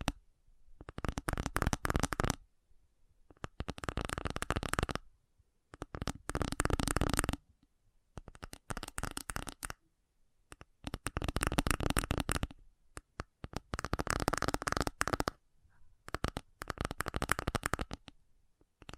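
Fast tapping comes in quick, dense bursts, each lasting one to two seconds, with short silent gaps between them. The taps are rapid and crisp, bright and sharp, with a slightly papery, card-shuffling texture. About seven bursts occur across the clip.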